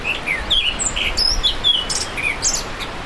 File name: thrush-himalayan-forest Zoothera-salimalii